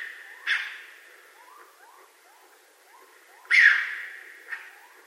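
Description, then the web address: Raccoon call: two rough, raspy screeches three seconds apart plus a weaker one, with a string of quiet rising chirps repeating through the pauses. Recorded on 20 March 2012. "Raccoon 2012 03 20"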